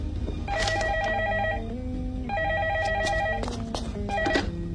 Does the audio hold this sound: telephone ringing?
yes